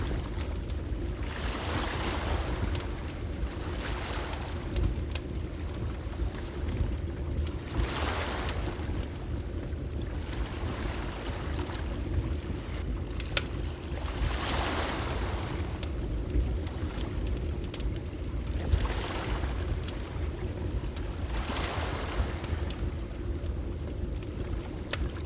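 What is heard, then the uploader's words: Ocean waves wash ashore in slow, regular surges about every three seconds, each a soft hiss swelling and fading over a constant low rumble. Sharp, scattered crackles and pops from a fire break through throughout. Ocean Sounds & Fire Crackling On An Exotic Beach. At the heart of this symphony, a crackling bonfire stands as a source of warmth and comfort.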